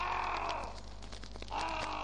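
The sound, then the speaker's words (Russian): A raven gives two harsh, raspy caws separated by a short pause, fairly loud over a steady low background hum. “Ну, конечно, черный ворон тоже знал, он все знает и все слышит.”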